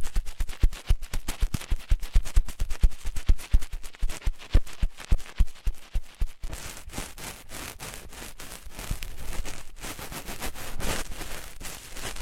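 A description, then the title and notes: Ear cleaning sounds: for the first six seconds, rapid, irregular sharp crackles and clicks with soft low thumps. Around the midpoint the sound shifts to a steadier, denser scratching rustle with gentle swells and only occasional sharper ticks. Penetrating flow ear cleaning.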